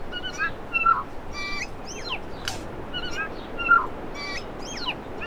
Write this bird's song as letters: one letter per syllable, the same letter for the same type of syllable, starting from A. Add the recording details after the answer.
A A B C D E F G C D E H. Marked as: Stutter(decurved), Alarmy(twobitCUV+io), Chortle_Ghh, Cheesy, CUVsqueak, Cough(clickCUV), Alarmy(twobitCUV+stutter+rightio), Alarmy(short+up). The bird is a male. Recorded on Cuvier Island, New Zealand, on 4 November 2016. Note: LongSeqRepClicksWheezeSyllable